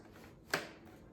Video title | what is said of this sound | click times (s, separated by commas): The Ultimate Cleaning Companion - Powerful 600W Cordless Vacuum | and it snaps right in there okay that is step one | 0.5 s